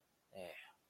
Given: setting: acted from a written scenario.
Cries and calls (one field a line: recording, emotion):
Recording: vocal sound without words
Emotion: desire